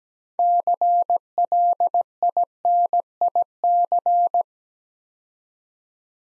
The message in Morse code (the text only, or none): CLINIC